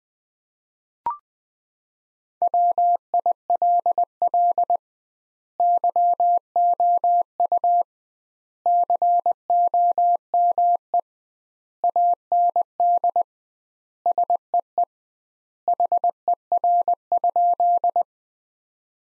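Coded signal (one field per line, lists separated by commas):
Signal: Morse code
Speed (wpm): 20 wpm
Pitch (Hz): 700 Hz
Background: none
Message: WILL YOU COME AND SEE HER?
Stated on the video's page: Morse practice at 20 wpm: sentences built from the top 100 words, sent with twice the standard word spacing.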